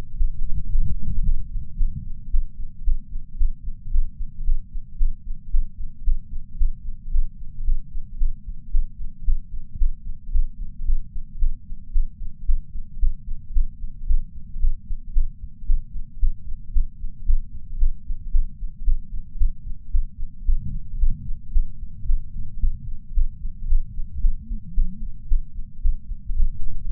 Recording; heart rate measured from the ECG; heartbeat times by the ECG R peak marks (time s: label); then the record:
heart sounds by patch sensor on the chest; 112 bpm
0.16 s: heartbeat
0.70 s: heartbeat
1.23 s: heartbeat
1.77 s: heartbeat
2.30 s: heartbeat
2.83 s: heartbeat
3.37 s: heartbeat
3.90 s: heartbeat
4.43 s: heartbeat
4.97 s: heartbeat
5.50 s: heartbeat
6.03 s: heartbeat
6.57 s: heartbeat
7.10 s: heartbeat
7.64 s: heartbeat
8.17 s: heartbeat
8.71 s: heartbeat
9.24 s: heartbeat
9.77 s: heartbeat
10.31 s: heartbeat
10.84 s: heartbeat
11.38 s: heartbeat
11.92 s: heartbeat
12.45 s: heartbeat
12.99 s: heartbeat
13.52 s: heartbeat
14.06 s: heartbeat
14.59 s: heartbeat
15.12 s: heartbeat
15.66 s: heartbeat
16.19 s: heartbeat
16.72 s: heartbeat
17.25 s: heartbeat
17.78 s: heartbeat
18.31 s: heartbeat
18.84 s: heartbeat
19.37 s: heartbeat
19.90 s: heartbeat
20.44 s: heartbeat
20.98 s: heartbeat
21.52 s: heartbeat
22.06 s: heartbeat
22.59 s: heartbeat
23.13 s: heartbeat
23.67 s: heartbeat
24.20 s: heartbeat
24.74 s: heartbeat
25.27 s: heartbeat
25.81 s: heartbeat
26.34 s: heartbeat
26.87 s: heartbeat
From the record:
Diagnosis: coronary artery disease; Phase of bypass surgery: postoperative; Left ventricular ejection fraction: 71.2%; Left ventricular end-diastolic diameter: 40 mm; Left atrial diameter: 32 mm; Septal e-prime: 7.5 cm/s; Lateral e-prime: 10.9 cm/s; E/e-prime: 8.9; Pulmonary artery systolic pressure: 32 mmHg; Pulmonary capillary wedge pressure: 12 mmHg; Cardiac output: 5.45 L/min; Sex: female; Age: 65 years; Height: 153 cm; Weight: 51.5 kg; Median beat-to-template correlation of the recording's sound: 0.91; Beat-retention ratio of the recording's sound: 0.96